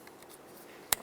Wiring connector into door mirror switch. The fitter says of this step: listen for a click give it a tug i'm just